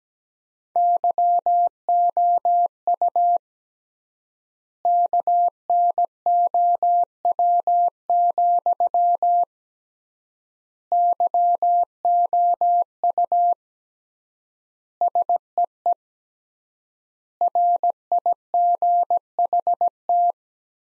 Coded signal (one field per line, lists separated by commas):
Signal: Morse code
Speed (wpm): 17 wpm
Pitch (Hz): 700 Hz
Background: none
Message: YOU KNOW, YOU SEE RIGHT